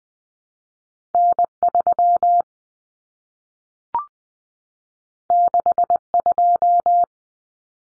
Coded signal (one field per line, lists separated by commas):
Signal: Morse code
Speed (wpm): 20 wpm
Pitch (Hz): 700 Hz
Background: none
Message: N3 62